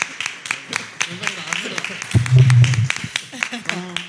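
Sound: audience applause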